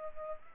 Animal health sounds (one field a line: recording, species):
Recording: mosquito wingbeat signal from an infrared sensor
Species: Culex pipiens